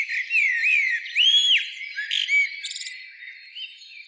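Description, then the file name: Common blackbird song with clear slurred whistles that rise and fall, then a rapid scratchy high twitter fading away. "Turdus merula"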